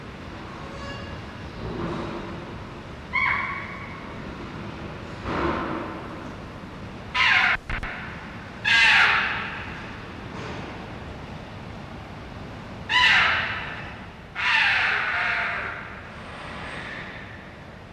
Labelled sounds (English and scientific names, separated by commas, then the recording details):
Tiger (Panthera tigris) call
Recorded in captivity
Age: juvenile
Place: Tierpark Berlin, Berlin, DE
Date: 1974-12-24
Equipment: Uher 4200 Report Stereo, Sennheiser MD 421, Verstärker
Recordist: Tembrock, Günter